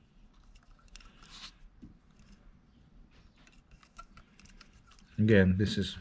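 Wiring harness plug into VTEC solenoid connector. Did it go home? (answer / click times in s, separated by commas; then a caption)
no / none. A plastic wiring harness plug for a VTEC solenoid connector is handled and turned over by hand after being found upside down, with faint plastic ticks and scrapes near 1.0 s and between 4.0 and 4.6 s. Someone talks loudly at the end. Nothing has seated or clicked yet; the plug is still being re-oriented before it is pushed home.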